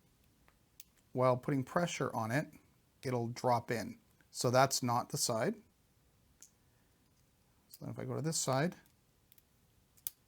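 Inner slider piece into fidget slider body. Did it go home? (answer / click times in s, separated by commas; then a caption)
yes / 10.1 s. Someone talks while reassembling a metal Brotherhood of Blades fidget slider, first trying the inner slider piece on the wrong side and then pressing it into the slider body on the other side. At 10.1 s a small, sharp snap is heard as the piece clicks into place, showing it is in the right orientation and seated flush.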